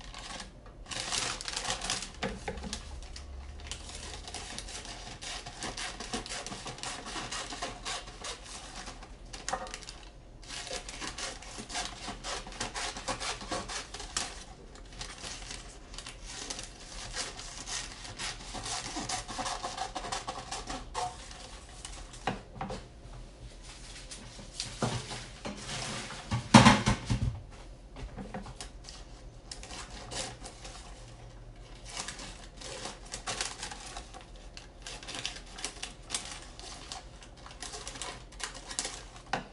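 Someone making banana bread: a steady run of small clicks, taps and scraping rubs, like utensils working batter in a bowl, continues throughout. A sharper knock stands out around 26 seconds, and a faint low hum sits underneath.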